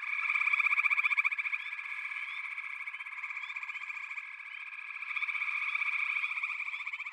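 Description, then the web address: Dense frog chorus, rapid pulsed trilling with loud stretches at the start and again after five seconds. A chorus of frogs calling together. "The Natural Sounds of the Wilderness. Echoes of Nature - Frog Chorus"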